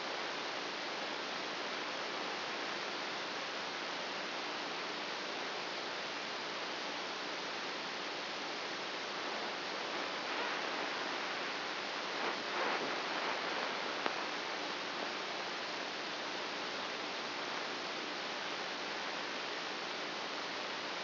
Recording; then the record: brain microelectrode recording played as sound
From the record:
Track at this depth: inside the subthalamic nucleus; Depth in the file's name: 2.005 mm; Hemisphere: right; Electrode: 2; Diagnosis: Parkinson's disease